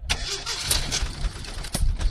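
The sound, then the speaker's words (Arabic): A car engine cranks repeatedly with a rough, rhythmic churning, sputtering without fully catching, broken by sharp bursts as the starter strains, with no voices present. “هذا لا يمكن تسخن لا يا رجال تشتغل.”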